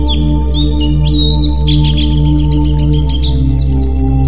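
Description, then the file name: White-eye warbling song, a longer whistled note then quick rising and falling twitters, over a steady low hum. White-eye 'terapi' (therapy) song. "terapi pleci"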